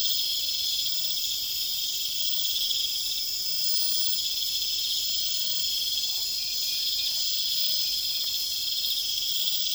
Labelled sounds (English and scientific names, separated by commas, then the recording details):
none
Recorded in pastures near Puerto Asís, Putumayo, Colombia, on 21 December 2024 at 20:30
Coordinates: 0.472, -76.329
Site G072